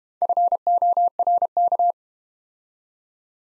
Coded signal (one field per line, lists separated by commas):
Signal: Morse code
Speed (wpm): 31 wpm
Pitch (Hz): 700 Hz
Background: none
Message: FORK